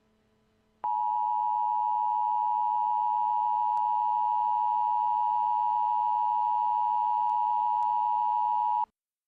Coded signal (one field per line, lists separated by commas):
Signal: Emergency Alert System (SAME) tones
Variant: 853 and 960 Hz attention tone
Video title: EAS: Tornado Emergecy for Napoleon, OH